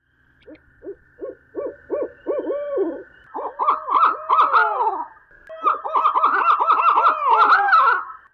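Barred owl hooting in a rhythmic series of arched, wavering notes that grow louder and merge into a raucous, cackling chorus of overlapping hoots.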